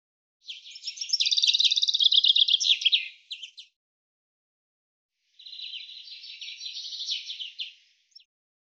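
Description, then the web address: Bird song: a high, rapid trilled phrase of about three seconds, then a softer, scratchier phrase after a short pause, over silence. "cianscape birddata Deverinetal 2025 Bird"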